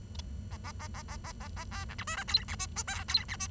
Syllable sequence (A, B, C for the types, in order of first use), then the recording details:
A A A A A A A A B C D E F G H I J K G H I. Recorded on 23 June 2012 at 08:38. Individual gr41rd51